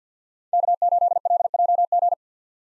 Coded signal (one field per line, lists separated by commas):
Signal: Morse code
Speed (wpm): 50 wpm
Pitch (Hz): 700 Hz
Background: none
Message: K8LJG